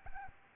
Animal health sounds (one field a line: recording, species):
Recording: mosquito wingbeat signal from an infrared sensor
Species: Aedes albopictus